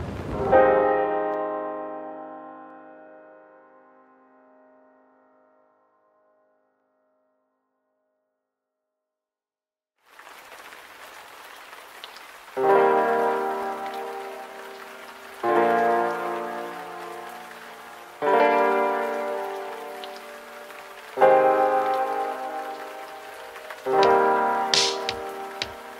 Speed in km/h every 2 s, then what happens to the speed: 16, 11, 10, 11, 10, 9, 8, 8, 8, 8, 9, 11, 10.
0-3 slows to 10. 3-26 steady at about 9.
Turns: none.